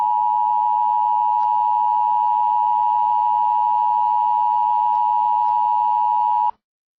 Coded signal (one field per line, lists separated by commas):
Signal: Emergency Alert System (SAME) tones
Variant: 853 and 960 Hz attention tone